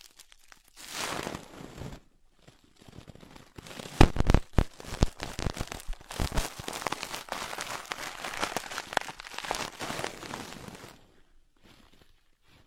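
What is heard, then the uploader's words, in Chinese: Ear-picking sounds: dense, scratchy crackling and rustling that comes in bursts, with a brief pause near two seconds and a louder run of sharp clicks and pops around four to six seconds. Steadier scraping follows until about eleven seconds, then it stops. 姐姐抠耳朵催眠13（声控助眠）。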